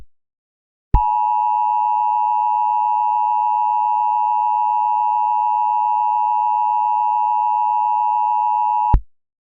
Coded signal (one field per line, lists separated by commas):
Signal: Emergency Alert System (SAME) tones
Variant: 853 and 960 Hz attention tone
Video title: Unknown Enemy (An EAS Scenario)